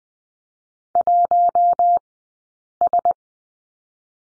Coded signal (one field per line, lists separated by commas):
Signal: Morse code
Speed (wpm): 20 wpm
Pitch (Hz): 700 Hz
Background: none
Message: 1 S